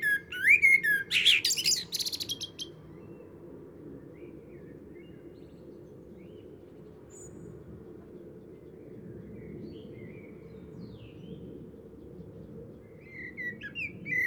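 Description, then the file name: Eurasian blackbird song: a loud fluting phrase with a high twittering tail at the start, followed by faint chirps over a steady low background rumble. "Turdus merula"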